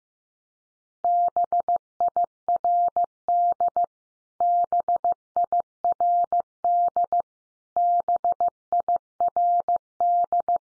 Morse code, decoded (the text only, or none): BIRD BIRD BIRD